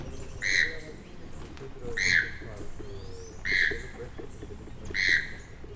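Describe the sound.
Choco toucan giving hoarse croaking calls about every one and a half seconds.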